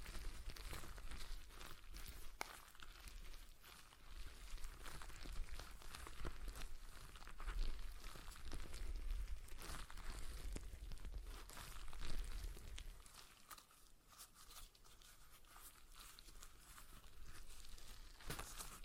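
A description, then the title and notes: Stress ball sounds: a dense run of soft squishing, crinkling and crackling as the ball is squeezed and worked, with rapid irregular clicks throughout. A sharp snap stands out near 2.5 seconds, and the activity thins and quiets after about 13 seconds. ASMR Relaxing Stress Ball Sounds (No Talking).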